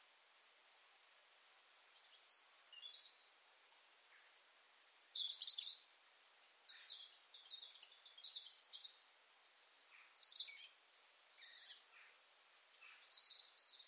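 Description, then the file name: European robin song, scattered high thin whistles and twittering phrases in a run of bursts, several louder sharp notes, steady soft hiss underneath. "Erithacus rubecula"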